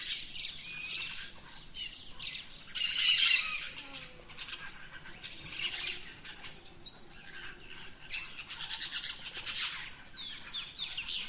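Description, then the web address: Birds: bird chorus at dawn, scattered high twitters and a burst of loud chattering early on, over a dense high hissing background. Dawn chorus of rainforest birds, Gran Sabana, Venezuela. "Birds in the Rainforest 03 Dawn Venezuela Gran Sabana"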